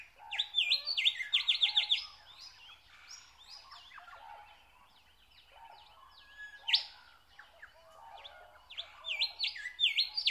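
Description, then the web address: Nightingale song in loud bursts of quick repeated notes and varied phrases. Song recorded in spring. "spiew slowika wiosna"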